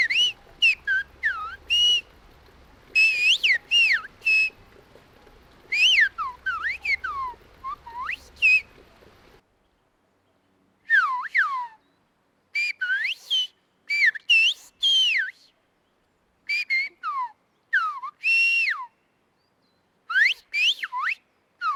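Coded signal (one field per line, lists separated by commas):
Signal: whistled language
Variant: whistled Béarnais Occitan (Aas)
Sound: loud gliding whistled phrases rising and falling, like a whistled conversation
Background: low hum early on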